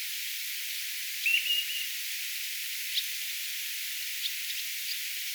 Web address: paivat 14 8 2025 rantakurvin aantelya aanitetty pitkan rannan lintutornista